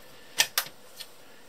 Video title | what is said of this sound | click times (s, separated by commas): How to assemble a CLogix chassis and modules | again Clicks in this time I'll be quiet when I push it down you | 0.6 s